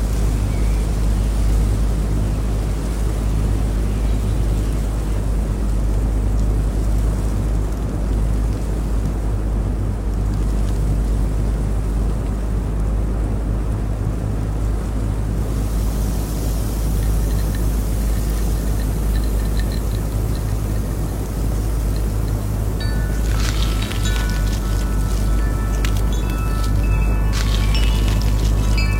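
A fan runs throughout with a steady, dense low hum and a constant level. From about 23 seconds, faint bright ringing tones drift in and linger over the drone, like wind chimes stirring in the background.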